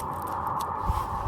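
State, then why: Not seated. A replacement utility blade is slid into a multitool's metal blade holder, over a steady mid-pitched hum with faint low bumps near 0.9 s and at the end. The blade stops short of its seat, not far enough to lock, and nothing has seated or clicked.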